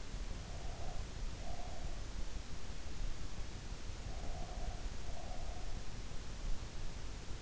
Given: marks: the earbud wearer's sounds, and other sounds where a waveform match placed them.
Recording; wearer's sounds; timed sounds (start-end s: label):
sounds in sleep by an in-ear microphone; breath
0.59-1.82 s: breath
4.28-5.96 s: breath